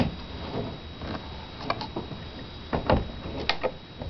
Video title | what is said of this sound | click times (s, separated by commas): How to Install a Rotary Steering System | guess there was the click. | 3.5 s